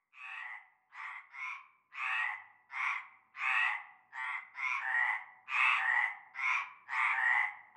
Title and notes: Avenue Cante Coucou, Groupède, La Ciotat, Marseille, Bouches-du-Rhône, Provence-Alpes-Côte d'Azur, France métropolitaine, 13600, France - cœur de grenouilles. Une grande vasque en béton, un fond d'eau verdâtre croupissant. et un cœur de grenouilles dès la nuit tombée